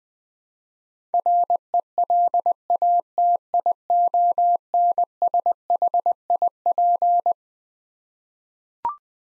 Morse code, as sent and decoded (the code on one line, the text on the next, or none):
.-. . .-.. .- - .. --- -. ... .... .. .--.
RELATIONSHIP